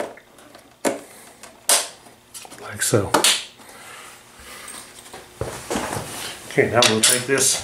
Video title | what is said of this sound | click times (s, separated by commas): Africa Twin B&B Off Road Radiator Guards Install Honda CRF1000L | till you hear them snap like | 1.7 s